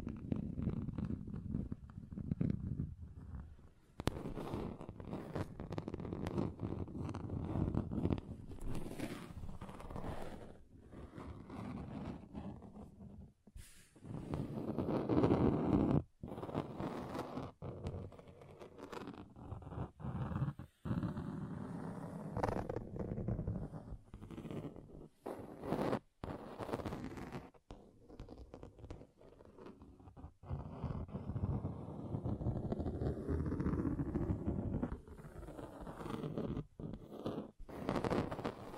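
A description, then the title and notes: Uneven scratching and scraping across a table, low and rough, with frequent brief pauses and sharp clicks between strokes throughout. ASMR Relaxing Table Scratching Different Surfaces (No Talking).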